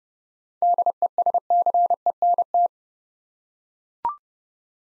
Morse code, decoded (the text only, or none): DESCENT